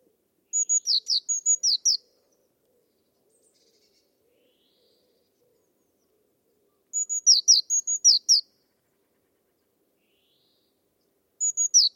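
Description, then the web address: Bird song: short phrases of about seven high, sharp chirps, each phrase lasting roughly a second and a half and repeating every five to six seconds, with silence between. "cianscape birddata Deverinetal 2025 File origin Bird Only Cy Ca"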